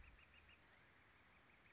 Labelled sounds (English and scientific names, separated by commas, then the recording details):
Northern Flicker (Colaptes auratus)
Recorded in Sonoma County, California